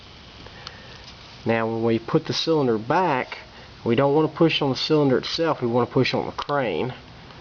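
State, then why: Not seated. A swung-out six-round cylinder on a Dan Wesson .357 Magnum revolver is being handled for closing, with the push going on the crane rather than the cylinder itself to bring it back into the frame. Someone talks throughout. The clip ends before the crane locks, so nothing has seated or clicked into place yet.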